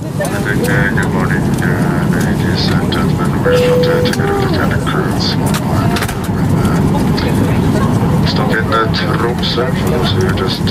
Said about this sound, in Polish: Samolot właśnie zawisł nad Szarym Morzem. Na ekranie w siedzeniu przede mną odnajduje miejsce, nad którym lecimy. To Balsfjord, 300 kilometrów na północ od koła podbiegunowego.